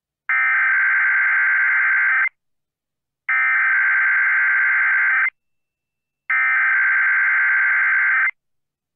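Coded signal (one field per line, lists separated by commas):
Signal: Emergency Alert System (SAME) tones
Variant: header bursts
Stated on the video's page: Real EAS Tornado Watch received on NOAA Weather Radio.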